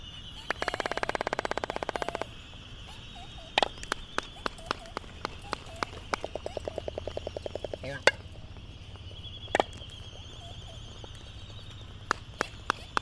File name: phoebastria immutabilis